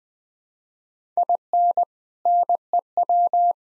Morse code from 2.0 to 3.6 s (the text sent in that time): NEW